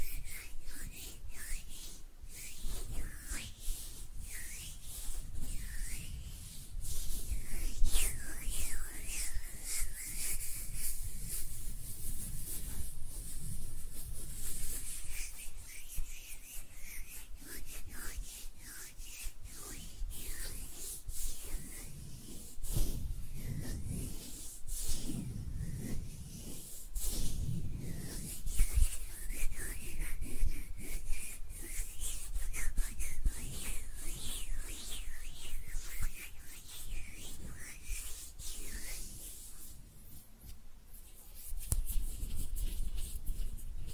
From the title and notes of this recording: ASMR Relaxing Hand Sounds (No Talking).